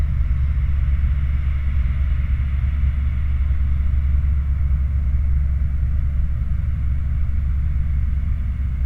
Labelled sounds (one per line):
machinery
flare stack